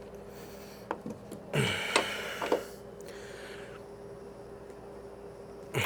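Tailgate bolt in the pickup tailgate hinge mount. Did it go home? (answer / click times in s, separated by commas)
no / none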